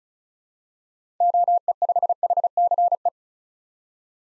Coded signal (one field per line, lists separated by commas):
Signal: Morse code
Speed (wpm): 36 wpm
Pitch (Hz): 700 Hz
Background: none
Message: OE5HCE